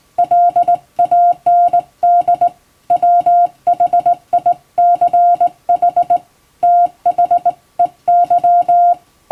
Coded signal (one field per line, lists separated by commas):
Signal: Morse code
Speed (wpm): 20 wpm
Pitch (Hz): 700 Hz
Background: none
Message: LAND WHICH THEY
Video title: 手打ちで綺麗にモールス信号を打てるとカッコイイ！練習すれば打てます！欧文モールスを欧文電報練習帳で打ってます！YouTubeの再生速度を調整して聴いてみよう(morse code practice)